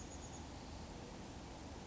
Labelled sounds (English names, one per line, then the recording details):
Chestnut-backed Chickadee
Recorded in Sonoma County, California